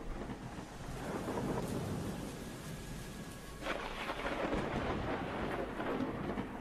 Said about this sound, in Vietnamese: Ở ngoài trời sấm sét mưa gió cứ đùng đoàng.